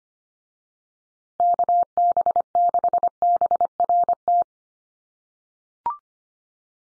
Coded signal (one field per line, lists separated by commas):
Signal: Morse code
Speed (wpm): 25 wpm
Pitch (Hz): 700 Hz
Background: none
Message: KB6BRT